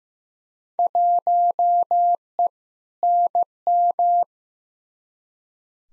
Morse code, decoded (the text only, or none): 1E NM